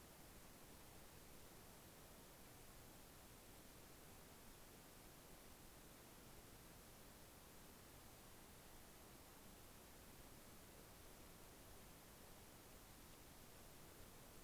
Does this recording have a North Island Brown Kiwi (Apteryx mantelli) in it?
no